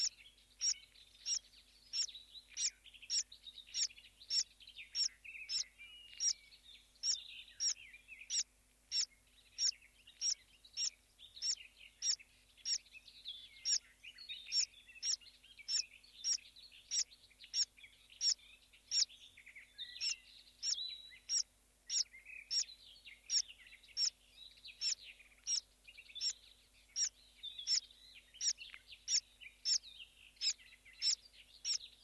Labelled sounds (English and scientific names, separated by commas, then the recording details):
Willow Warbler (Phylloscopus trochilus) call
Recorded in the wild
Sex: diverse
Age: diverse
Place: Spitzberg, Tübingen, Baden-Württemberg, DE
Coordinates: 48.5167, 9.01667
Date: 1968-05-22
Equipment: Kapselmikrophon, LGS26
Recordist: Schneider, Hans-Joachim
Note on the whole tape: In heideartiger Landschaft. Aufnahmen am Nest, Kapselmikrofon im Nest eingebaut. Weibchen: Rufe und Hudergeräusche und leise Rufe der Jungtiere. Auch Aufnahmen am 23.05.1968 um 6.55 Uhr: Weibchen: Lautreihe, Fütterlaute Männchen. 24.05.1968 um 10.32 Uhr: Speerlaute der 2 Tage alten Jungtiere, Weibchen hudern, Fütterlaute, 25.05.1968 um 8.15 Uhr: Fütterlaute und Laute der Jungtiere